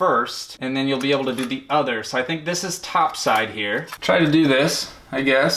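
While installing a new desktop CPU, one side of the CPU cooler's retention clip is hooked onto the motherboard mounting bracket first, with the clip being handled against the bracket as someone talks throughout. Nothing has clicked or seated yet by the end of the clip.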